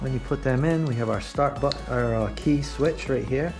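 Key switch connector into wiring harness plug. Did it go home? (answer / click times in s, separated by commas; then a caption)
no / none. On a 2021 Yamaha YFZ450R quad, the key switch's wiring connector is handled at its mating plug in the front-end wiring harness while someone talks. Nothing has seated or clicked yet.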